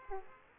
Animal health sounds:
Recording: mosquito wingbeat signal from an infrared sensor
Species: Aedes aegypti

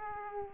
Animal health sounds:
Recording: mosquito wingbeat signal from an infrared sensor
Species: Aedes aegypti

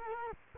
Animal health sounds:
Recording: mosquito wingbeat signal from an infrared sensor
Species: Culex quinquefasciatus

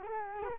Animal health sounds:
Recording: mosquito wingbeat signal from an infrared sensor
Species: Culex quinquefasciatus

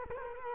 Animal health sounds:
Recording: mosquito wingbeat signal from an infrared sensor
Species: Culex quinquefasciatus

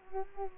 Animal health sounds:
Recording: mosquito wingbeat signal from an infrared sensor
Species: Culex quinquefasciatus

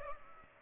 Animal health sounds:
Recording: mosquito wingbeat signal from an infrared sensor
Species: Culex pipiens

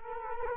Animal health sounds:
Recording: mosquito wingbeat signal from an infrared sensor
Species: Culex quinquefasciatus

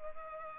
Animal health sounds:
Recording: mosquito wingbeat signal from an infrared sensor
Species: Culex pipiens

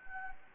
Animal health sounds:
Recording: mosquito wingbeat signal from an infrared sensor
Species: Anopheles gambiae

